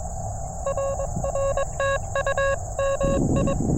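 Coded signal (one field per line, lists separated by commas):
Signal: Morse code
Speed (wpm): 23 wpm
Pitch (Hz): 550 Hz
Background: none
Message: RR TU MI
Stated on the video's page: CW Parks On The Air activation on a multi-state trail park.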